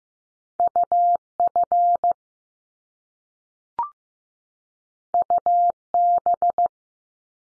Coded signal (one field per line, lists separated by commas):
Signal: Morse code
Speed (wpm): 15 wpm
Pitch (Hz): 700 Hz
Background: none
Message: U F U B